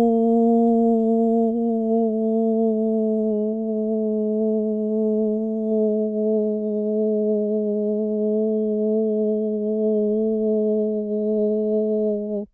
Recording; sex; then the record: sustained vowel /u/; female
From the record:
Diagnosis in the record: Parkinson's disease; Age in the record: 80 years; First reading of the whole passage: 169 s, 3.1 characters per second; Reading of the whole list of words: 101 s, 2.8 characters per second